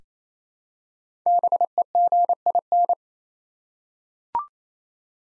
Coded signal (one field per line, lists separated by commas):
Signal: Morse code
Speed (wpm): 27 wpm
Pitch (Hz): 700 Hz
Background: none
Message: BEGIN